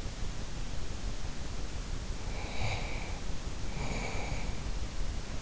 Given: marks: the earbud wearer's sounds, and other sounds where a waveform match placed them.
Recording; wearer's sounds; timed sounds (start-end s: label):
sounds in sleep by an in-ear microphone; breath
2.25-4.71 s: breath